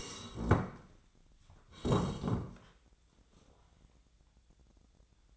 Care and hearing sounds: daily activity, microphone in the room; sit down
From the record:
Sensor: 3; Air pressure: 1012.3 hPa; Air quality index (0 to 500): 174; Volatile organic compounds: 3 ppm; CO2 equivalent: 1339 ppm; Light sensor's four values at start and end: 75/169/81/89 and 65/159/72/81

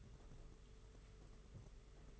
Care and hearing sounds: daily activity, microphone in the room; take from stove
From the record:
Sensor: 4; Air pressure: 991.9 hPa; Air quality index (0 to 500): 84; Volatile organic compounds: 6 ppm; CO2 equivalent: 1919 ppm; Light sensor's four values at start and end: 21/75/27/29 and 21/75/27/29

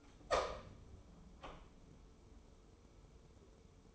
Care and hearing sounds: daily activity, microphone in the room; open door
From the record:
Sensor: 1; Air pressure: 1015.2 hPa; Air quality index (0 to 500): 119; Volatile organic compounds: 4 ppm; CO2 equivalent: 1627 ppm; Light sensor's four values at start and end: 14/33/14/15 and 14/33/14/15

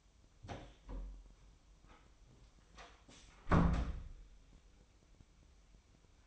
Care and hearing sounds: daily activity, microphone in the room; close door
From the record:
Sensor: 1

